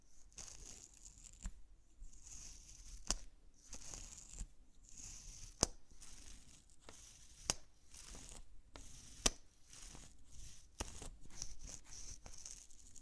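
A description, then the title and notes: Makeup triggers: soft, hissing brushing and rustling strokes repeat throughout, each lasting about a second, with a bright airy edge. Sharp clicks or taps cut in now and then, loudest near 3, 5.5, 7.5 and 9 seconds, over a quiet low rumble. TimASMR-ASMR 20+ Makeup Triggers For Sleep NO TALKING.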